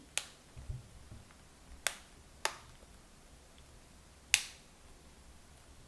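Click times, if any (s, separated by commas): 0.2 s, 1.9 s, 2.4 s, 4.3 s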